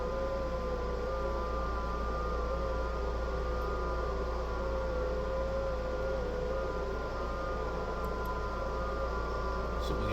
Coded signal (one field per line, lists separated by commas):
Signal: FT8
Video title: Setting up Jtdx ft8 software on yaesu ftdx3000 ham radio